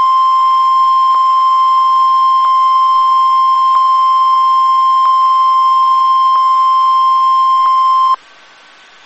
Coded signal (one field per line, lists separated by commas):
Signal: Emergency Alert System (SAME) tones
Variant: 1050 Hz attention tone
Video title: The last NOAA Weather Radio Weeklies for 2021 (EAS #799-#813)